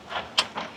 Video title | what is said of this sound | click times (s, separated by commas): The BADDEST OVERLAND JEEP GLADIATOR BUILD on the EAST COAST! Project Rampage First Full Walk Around! | They lock into place. | 0.4 s